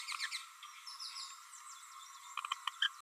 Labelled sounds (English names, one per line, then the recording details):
Green-rumped Parrotlet babbling
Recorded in a nest box in Venezuela
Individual 18B12A1